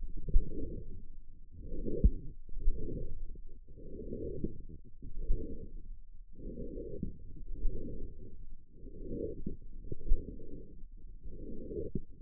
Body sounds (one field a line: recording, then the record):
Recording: forearm muscle sounds (acoustic myography)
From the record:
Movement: forearm pronation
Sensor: system 1, eight BSWA MPA416 microphones around the upper forearm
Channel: 6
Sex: female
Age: 21 years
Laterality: right